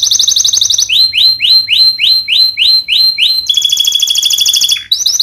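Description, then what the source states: Canary song: a fast high trill, then a row of swooping whistled notes repeated rapidly, then a bright rattling trill and more swoops. Vigorously singing (gacor) canary (kenari), praised for the best cengkok song phrasing and the most luxurious isian fill-in notes; Indonesian songbird-keeping (kicaumania) context.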